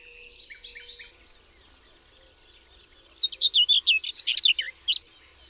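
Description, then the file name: Common whitethroat song: a few soft notes, a pause, then a quick, scratchy burst of varied high chirps and short whistles over faint low rumble. "CIERNIOWKA"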